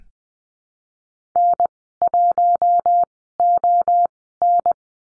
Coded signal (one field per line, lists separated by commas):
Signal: Morse code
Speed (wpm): 20 wpm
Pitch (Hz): 700 Hz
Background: none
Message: N1ON